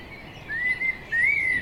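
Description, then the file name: Common blackbird song: a few smooth, drawn-out whistled notes, the last rising slightly then falling, against faint steady hiss. "Turdus merula"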